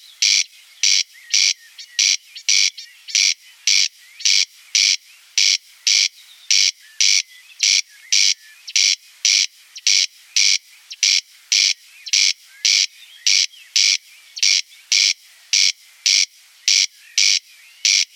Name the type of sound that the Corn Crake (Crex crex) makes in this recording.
song